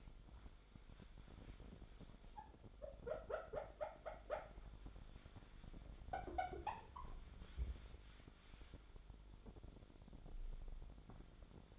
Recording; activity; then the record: daily activity, microphone in the room; wipe stove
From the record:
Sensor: 5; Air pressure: 1007.2 hPa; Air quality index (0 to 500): 173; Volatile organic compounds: 4 ppm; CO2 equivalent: 1658 ppm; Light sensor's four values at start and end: 54/145/58/58 and 53/142/57/57